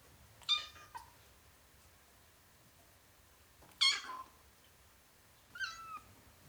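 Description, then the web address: Domestic cat: kitten giving three short high-pitched meows separated by pauses, over a soft hiss. Ten-week-old kitten, meowing. "BBC Sound Effects Library. Ten Week Old Kitten, Meowing"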